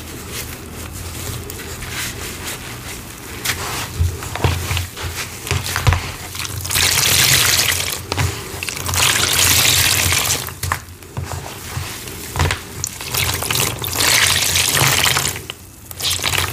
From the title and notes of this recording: Making Zote Soap Balls Oddly Satisfying ASMR Soap BTS. ASMR soap, mixing, paste sounds, sponge squeezing, making soap balls.